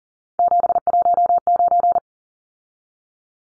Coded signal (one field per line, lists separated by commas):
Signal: Morse code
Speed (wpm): 40 wpm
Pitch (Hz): 700 Hz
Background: none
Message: 719